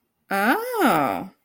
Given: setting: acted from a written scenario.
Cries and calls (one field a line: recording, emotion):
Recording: vocal sound without words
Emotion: interest